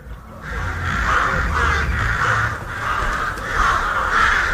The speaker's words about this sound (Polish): Gawrony to uparte ptaki. I chyba tylko bardzo naiwna osoba uważała, że po wstrząśnięciu jednorazowym tych pozostałości, które tam były, one grzecznie się stąd zabiorą, przeproszą i wyniosą.